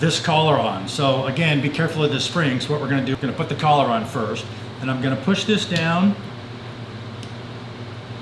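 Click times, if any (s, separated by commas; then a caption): none. Someone talks while putting the collar on first, then pushing a steel recoil spring plug down against spring pressure past the barrel bushing of a 1911 pistol slide, before the bushing is rotated. The talking stops at about 6.1 s, leaving a steady low background hum. Nothing has clicked or seated yet.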